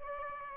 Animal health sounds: mosquito wingbeat signal from an infrared sensor; Aedes albopictus

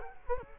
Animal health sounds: mosquito wingbeat signal from an infrared sensor; Culex quinquefasciatus

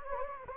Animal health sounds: mosquito wingbeat signal from an infrared sensor; Anopheles gambiae

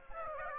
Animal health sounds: mosquito wingbeat signal from an infrared sensor; Aedes aegypti

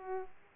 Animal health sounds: mosquito wingbeat signal from an infrared sensor; Aedes aegypti

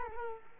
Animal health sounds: mosquito wingbeat signal from an infrared sensor; Culex quinquefasciatus

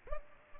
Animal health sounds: mosquito wingbeat signal from an infrared sensor; Culex pipiens

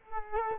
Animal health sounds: mosquito wingbeat signal from an infrared sensor; Culex quinquefasciatus

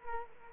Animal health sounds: mosquito wingbeat signal from an infrared sensor; Culex quinquefasciatus

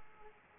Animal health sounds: mosquito wingbeat signal from an infrared sensor; Aedes aegypti

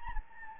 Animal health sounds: mosquito wingbeat signal from an infrared sensor; Anopheles gambiae

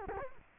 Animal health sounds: mosquito wingbeat signal from an infrared sensor; Culex quinquefasciatus

